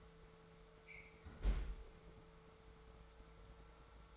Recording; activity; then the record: daily activity, microphone in the room; close fridge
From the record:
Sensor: 3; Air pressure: 1014.9 hPa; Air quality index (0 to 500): 201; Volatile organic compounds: 29 ppm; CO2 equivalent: 2931 ppm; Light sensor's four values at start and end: 20/51/21/22 and 33/82/35/37